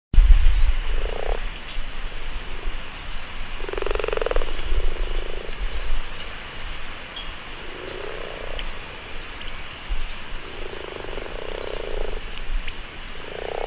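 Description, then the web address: Frog croaking calls, low rough bursts of a second or two at irregular intervals, over a steady noisy background. Recorded in spring. "lindenbergschule fruehling frog"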